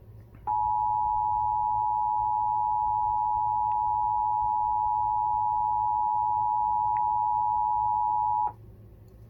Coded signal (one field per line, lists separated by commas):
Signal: Emergency Alert System (SAME) tones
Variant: 853 and 960 Hz attention tone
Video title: TV EAS 63 - SVR 49